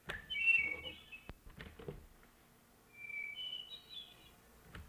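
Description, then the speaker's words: Hermit Thrush song, two clear fluting whistled phrases separated by a pause, the second higher, with faint background noise. Song described as superlative wild notes; the species replaces the wood thrush to the north. "and to the north by the superlative wild notes of the hermit thrush."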